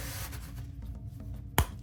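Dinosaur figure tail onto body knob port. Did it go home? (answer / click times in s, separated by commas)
yes / 1.6 s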